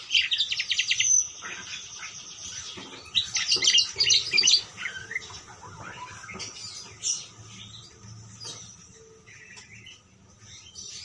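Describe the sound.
Parakeet chatter, bursts of rapid high chirps and warbles, loudest at the start and again around three to four seconds, then softer scattered notes.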